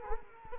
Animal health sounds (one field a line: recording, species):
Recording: mosquito wingbeat signal from an infrared sensor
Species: Culex quinquefasciatus